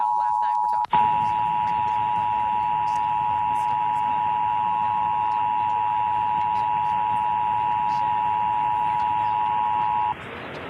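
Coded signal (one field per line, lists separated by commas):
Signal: Emergency Alert System (SAME) tones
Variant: 853 and 960 Hz attention tone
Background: speech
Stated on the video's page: Required monthly EAS test from San Antonio's NBC affiliate, recorded from a DirecTV satellite box in SD rather than over the air.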